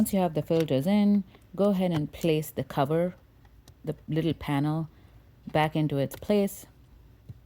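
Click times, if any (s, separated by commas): none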